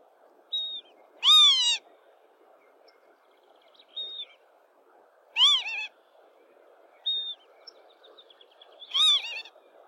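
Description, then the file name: Lapwing giving three loud, nasal, arched cries about four seconds apart, some doubled. A small bird adds short high thin whistles between them. "canto do abibe"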